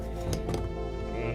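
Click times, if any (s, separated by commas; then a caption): none. A handmade craft part is pressed into its mating piece under body weight to force it to click into place, over quiet background music. Two short sharp knocks come at 0.3 s and 0.5 s, but nothing seats or clicks into place.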